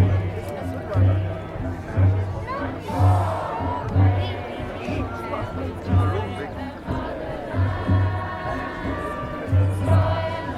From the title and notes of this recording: Stonehenge Solstice 2023 - a Neolithic Soundscape. This summer solstice I headed to Stonehenge to capture the mood of the place.